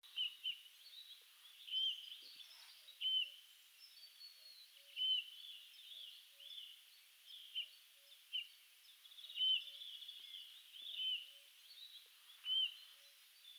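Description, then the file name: Eurasian bullfinch giving short, soft whistled calls, repeated roughly every one to two seconds over a steady hiss of background noise. "Pyrrhula pyrrhula"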